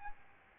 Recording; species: mosquito wingbeat signal from an infrared sensor; Aedes albopictus